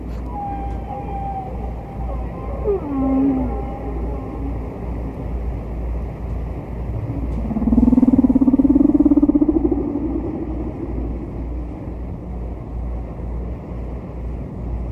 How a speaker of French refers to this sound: on va écouter un autre chant du disque de …, la plage 4, la baleine distante de la face A